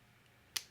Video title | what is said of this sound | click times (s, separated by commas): Tech Ease 93: I Got Pros | Satisfying click. | 0.6 s